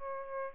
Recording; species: mosquito wingbeat signal from an infrared sensor; Aedes albopictus